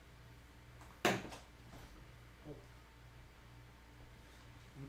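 A memory module (RAM stick) is pressed into its motherboard slot and gives a sharp click at 1.0 s. After two faint knocks, the stick still sits loose, so it is to be tried again. A low hum runs underneath throughout.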